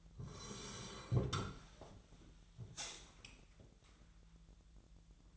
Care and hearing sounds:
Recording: daily activity, microphone in the room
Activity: sit down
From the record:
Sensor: 3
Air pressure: 1001.5 hPa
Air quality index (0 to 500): 246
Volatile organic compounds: 139 ppm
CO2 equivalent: 3970 ppm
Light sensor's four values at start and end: 12/28/12/12 and 12/29/12/12

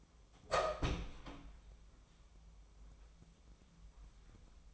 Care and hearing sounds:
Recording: daily activity, microphone in the room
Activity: open door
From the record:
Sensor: 1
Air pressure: 1005.0 hPa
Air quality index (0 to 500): 93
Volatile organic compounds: 2 ppm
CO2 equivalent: 1270 ppm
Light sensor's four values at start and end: 10/25/10/11 and 10/26/10/11

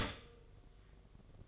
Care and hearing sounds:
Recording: daily activity, microphone in the room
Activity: stop toaster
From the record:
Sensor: 4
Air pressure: 1005.0 hPa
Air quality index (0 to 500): 188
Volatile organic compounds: 6 ppm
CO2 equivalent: 1849 ppm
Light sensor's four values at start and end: 16/55/20/19 and 16/55/20/19

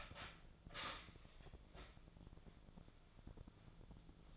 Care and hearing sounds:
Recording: daily activity, microphone in the room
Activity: start toaster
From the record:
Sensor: 5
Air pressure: 1000.3 hPa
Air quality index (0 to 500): 125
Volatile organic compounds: 2 ppm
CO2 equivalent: 990 ppm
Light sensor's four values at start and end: 86/201/86/93 and 86/201/86/93

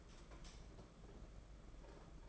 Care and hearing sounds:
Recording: daily activity, microphone in the room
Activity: light on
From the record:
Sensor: 5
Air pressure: 992.1 hPa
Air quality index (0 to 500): 208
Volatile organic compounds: 1000 ppm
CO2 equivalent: 6008 ppm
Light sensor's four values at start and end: 8/19/7/8 and 8/18/7/8

